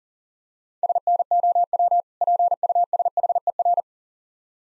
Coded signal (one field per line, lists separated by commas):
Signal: Morse code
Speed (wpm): 40 wpm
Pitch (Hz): 700 Hz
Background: none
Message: SNOW PUSHER